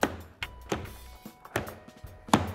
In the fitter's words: you get them all lined up and then you just snap them down you just click into place like so